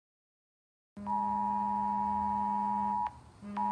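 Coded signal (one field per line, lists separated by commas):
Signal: Emergency Alert System (SAME) tones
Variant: 853 and 960 Hz attention tone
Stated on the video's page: Fictional Emergency Alert System scenario depicting nuclear war.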